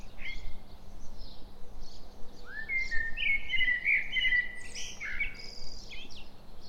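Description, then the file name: Common blackbird song: a rising, mellow whistled phrase that breaks into a high scratchy twitter, heard over faint low hum. "Turdus merula"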